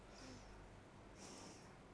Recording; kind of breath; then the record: one breath in and out by a microphone near the nose and mouth; normal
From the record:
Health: marked as sick, illness not named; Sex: female